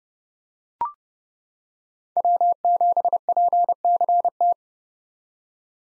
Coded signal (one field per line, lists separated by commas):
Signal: Morse code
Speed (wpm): 31 wpm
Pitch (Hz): 700 Hz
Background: none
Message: W7PCT